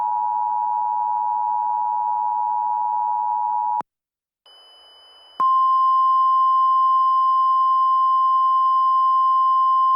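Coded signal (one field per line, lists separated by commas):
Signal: Emergency Alert System (SAME) tones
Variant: 853 and 960 Hz attention tone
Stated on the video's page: EAS mock using real Winter Storm Warning tones for Colorado.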